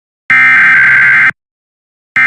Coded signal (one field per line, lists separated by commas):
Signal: Emergency Alert System (SAME) tones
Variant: header bursts